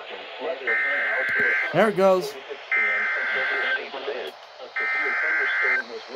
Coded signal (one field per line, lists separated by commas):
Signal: Emergency Alert System (SAME) tones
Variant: header bursts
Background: speech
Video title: HAPPY NEW YEAR. HAVE SOME WARNINGS. (EAS#77-94)(Eas Compilation as of 1/1/22)